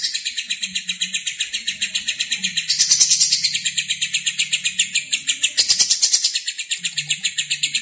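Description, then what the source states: Lovebird producing an unbroken stream of high, rapid chirps, with two louder, harsher rushes of notes around the third and sixth seconds. Lovebird singing in the konslet style.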